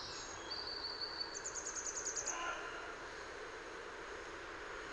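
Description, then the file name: Grey wagtail calling: a brief, thin whistle, then a quick run of about ten sharp, high notes over one second, against a constant background hiss. Recorded in Utrecht. "Grote gele kwikstaart in Utrecht - luc de bruijn"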